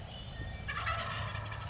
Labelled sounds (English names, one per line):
Wild Turkey